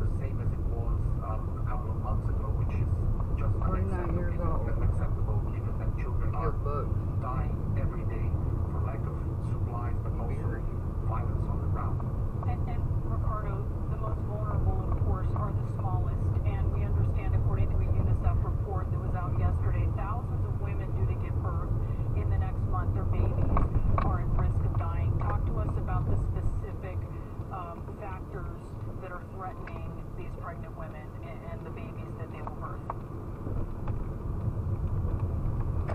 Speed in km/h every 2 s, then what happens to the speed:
26, 26, 27, 27, 27, 29, 29, 31, 29, 29, 31, 29, 27, 29, 26, 24, 23, 26.
0-36 steady at about 27.